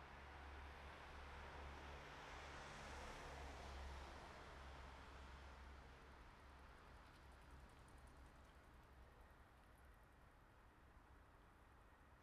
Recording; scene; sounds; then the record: everyday scene through a hearing-aid microphone; in traffic; traffic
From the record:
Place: bus stop on a city main road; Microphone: behind the ear, right, rear